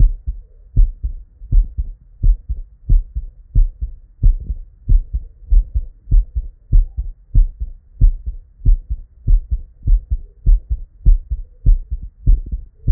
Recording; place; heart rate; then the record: heart sounds by stethoscope; Erb's point; 100 bpm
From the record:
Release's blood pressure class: elevated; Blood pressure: 123/67 mmHg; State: at rest